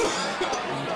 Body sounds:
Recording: coughing mixed with background sound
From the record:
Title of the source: Dry Coughing Fit in the Afternoon.

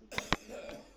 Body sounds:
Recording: coughing mixed with background sound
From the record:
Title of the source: Spring Cold Coughing 3

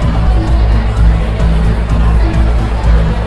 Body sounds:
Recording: background sound without coughing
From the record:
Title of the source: Party Noise 1 Hour Party Ambience

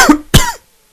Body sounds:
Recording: coughing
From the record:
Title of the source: Coughing 51

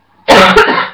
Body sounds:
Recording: coughing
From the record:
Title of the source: Barking cough - # 10

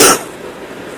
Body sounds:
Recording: coughing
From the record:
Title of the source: 34 coughing up crap again

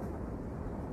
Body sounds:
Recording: background sound without coughing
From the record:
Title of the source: Train Ride Ambience ambient white noise for sleeping, focus, studying, reading

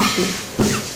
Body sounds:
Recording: coughing mixed with background sound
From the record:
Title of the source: Mid-morning Winter Coughing Fit

